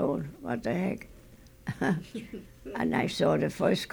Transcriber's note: they laugh